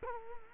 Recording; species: mosquito wingbeat signal from an infrared sensor; Culex quinquefasciatus